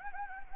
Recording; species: mosquito wingbeat signal from an infrared sensor; Anopheles gambiae